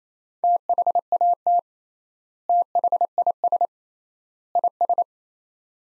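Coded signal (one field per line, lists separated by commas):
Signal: Morse code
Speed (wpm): 28 wpm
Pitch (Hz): 700 Hz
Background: none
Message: THAT THIS IS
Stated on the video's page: Morse practice of three-word sets at 28 wpm with 3x word spacing, a Farnsworth-like method applied to words.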